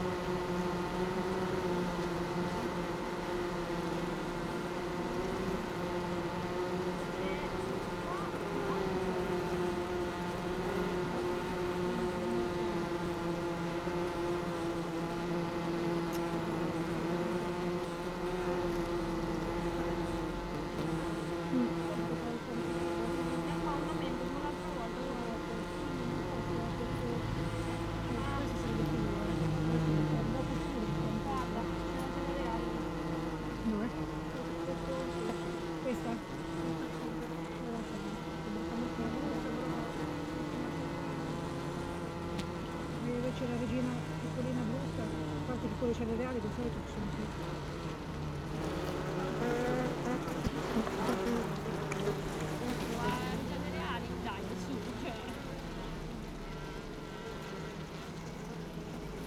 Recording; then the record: honeybee colony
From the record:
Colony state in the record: missing queen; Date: 31 May 2018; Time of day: 16:08